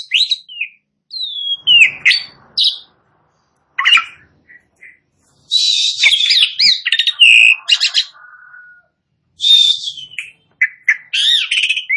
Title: Belum Satu Menit Jalak Suren Langsung Bunyi